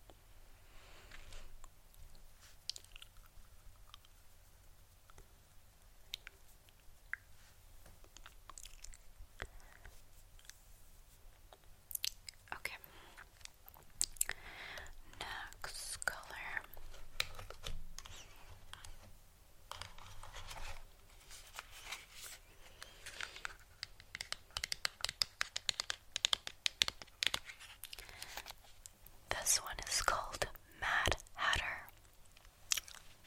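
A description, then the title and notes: Close, wet mouth sounds and soft tapping, sparse at first, then growing denser and crisper after about twelve seconds. ASMR Lipstick Application (Madam Glam) Mouth Sounds, Tapping, Close Up.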